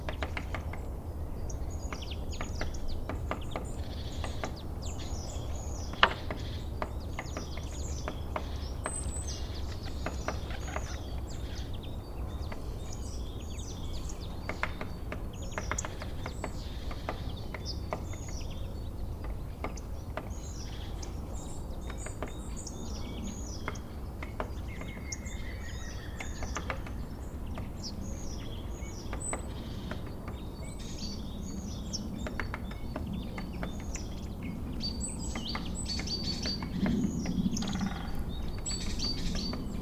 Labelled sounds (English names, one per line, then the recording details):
Great Spotted Woodpecker
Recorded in the wild
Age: adult
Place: Bernau bei Berlin, Forst Bernau, Brandenburg, DE
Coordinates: 52.6975, 13.5211
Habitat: wood
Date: 2007-02-18 16:36
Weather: heiter, 7-8°C
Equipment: Sound Devices 702, Sennheiser MKH 70, Windkorb
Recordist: Frommolt, Karl-Heinz